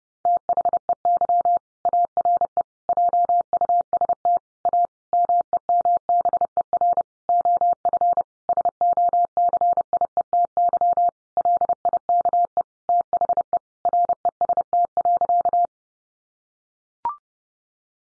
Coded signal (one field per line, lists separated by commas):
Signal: Morse code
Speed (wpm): 30 wpm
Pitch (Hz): 700 Hz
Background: none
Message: THEY ARE JUST A MEMBER OF SOCIETY LIKE THE REST.